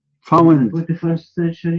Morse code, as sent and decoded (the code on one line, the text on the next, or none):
none